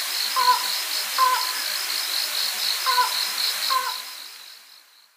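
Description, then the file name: Slaty-legged crake giving four clipped notes at irregular intervals, against steady shrill insect buzzing; all sound fades out at the end. Recorded on Ishigaki on 3 April 2018. "okuina 180403 ishigaki yanagawa"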